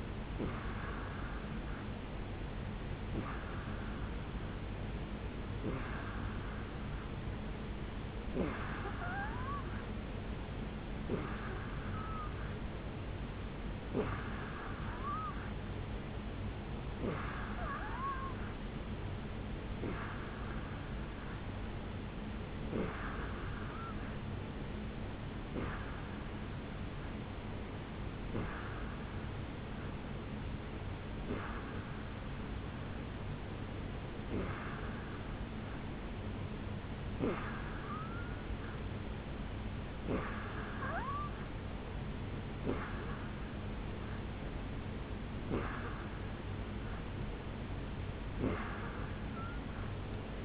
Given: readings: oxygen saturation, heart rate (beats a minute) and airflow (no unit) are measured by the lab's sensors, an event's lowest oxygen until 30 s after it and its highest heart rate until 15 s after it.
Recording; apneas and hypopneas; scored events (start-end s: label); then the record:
breathing in sleep by a voice recorder at the bedside; none
24.00-50.45 s: new sleep stage, N2 (light sleep)
From the record:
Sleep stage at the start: N3 (deep sleep); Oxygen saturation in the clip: 87%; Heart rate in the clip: 71 to 73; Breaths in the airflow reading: 18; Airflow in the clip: -3.6 to 2.5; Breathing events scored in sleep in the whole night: 449 in 7.0 hours asleep